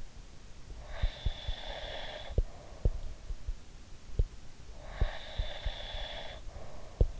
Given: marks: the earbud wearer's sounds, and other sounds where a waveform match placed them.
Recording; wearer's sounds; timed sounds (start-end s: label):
sounds in sleep by an in-ear microphone; breath
0.72-3.12 s: breath
4.78-7.12 s: breath